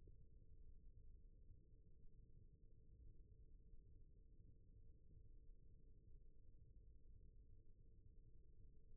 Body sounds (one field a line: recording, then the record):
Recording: forearm muscle sounds (acoustic myography)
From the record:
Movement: rest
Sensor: system 1, eight BSWA MPA416 microphones around the upper forearm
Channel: 1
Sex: female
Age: 22 years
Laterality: right